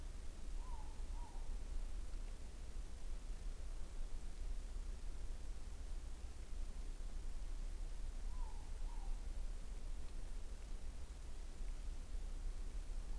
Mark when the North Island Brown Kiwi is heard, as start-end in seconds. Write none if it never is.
none